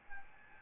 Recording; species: mosquito wingbeat signal from an infrared sensor; Aedes albopictus